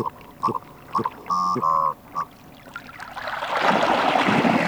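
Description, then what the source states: Common merganser calls: a few short knocking notes and two longer, harsh croaks, followed by a rising rush of noise. Field recording, on a Finnish cassette of rural birds released in 1988.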